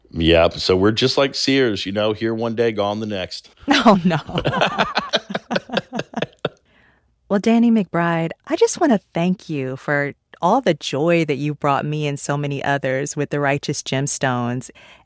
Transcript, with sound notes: Yeah. So we're just like Sears, you know, here one day, gone the next.
Oh, no.
(LAUGHTER)
Well, Danny McBride, I just want to thank you for all the joy that you brought me and so many others with "The Righteous Gemstones,"